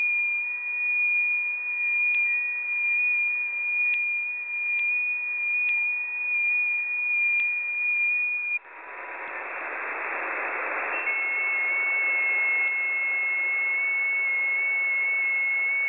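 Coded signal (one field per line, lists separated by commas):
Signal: FT8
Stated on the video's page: Received on 6 meters via sporadic E in the early morning.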